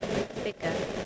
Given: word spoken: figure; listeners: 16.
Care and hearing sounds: one English word in noise, from a listening test; noise modulated by three-talker babble; -3.5 dB; 5 of 16; 9 of 16; 0.65 s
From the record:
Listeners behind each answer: 9, 5, 2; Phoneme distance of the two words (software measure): 10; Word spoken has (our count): 2 syllables, 4 phonemes, stress on syllable 1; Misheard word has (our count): 2 syllables, 4 phonemes, stress on syllable 1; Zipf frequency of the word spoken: 4.87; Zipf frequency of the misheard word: 5.02

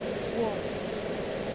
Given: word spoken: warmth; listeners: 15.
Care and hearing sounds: one English word in noise, from a listening test; speech-shaped noise; -5.0 dB; 1 of 15; 6 of 15; 1.15 s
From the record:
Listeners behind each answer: 6, 3, 1, 1, 1, 1, 1, 1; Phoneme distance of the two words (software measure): 17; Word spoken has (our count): 1 syllable, 4 phonemes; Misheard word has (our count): 1 syllable, 3 phonemes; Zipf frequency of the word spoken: 3.88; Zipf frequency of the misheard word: 5.19

